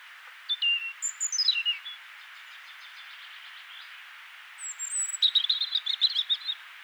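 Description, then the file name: European robin singing two separate phrases, each opening with high drawn-out whistles and running into quick sparkling twitters, divided by a few seconds of quiet hiss. "Erithacus rubecula"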